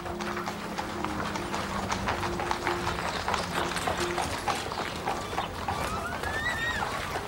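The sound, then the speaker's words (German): Hooves clip-clop in a steady, brisk rhythm as a horse-drawn cart rolls out past a city gate at nightfall, with a low rumbling drone underneath and a few faint rising whistly tones near the end. “Und geduckt im Schatten eines hinausrollenden Pferdefuhrwerks entging Martha ihrer Aufmerksamkeit.”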